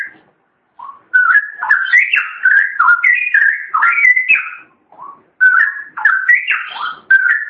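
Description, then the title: Long-tailed shrike giving a fast, nearly continuous warbling song of jumbled whistled and slightly harsh notes, broken by a couple of short pauses. "Kicau Burung Pentet"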